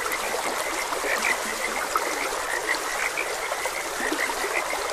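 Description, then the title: Frog croaks, several short notes overlapping, set against continuous babbling stream water. Frogs croaking beside a gentle stream. "Gentle Stream and Frogs Croaking"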